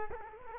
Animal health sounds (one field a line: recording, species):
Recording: mosquito wingbeat signal from an infrared sensor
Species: Culex quinquefasciatus